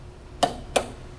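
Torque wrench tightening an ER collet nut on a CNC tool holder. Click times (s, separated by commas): 0.4 s, 0.8 s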